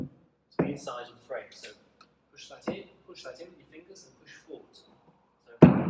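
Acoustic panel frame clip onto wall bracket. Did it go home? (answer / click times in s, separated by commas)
yes / 5.6 s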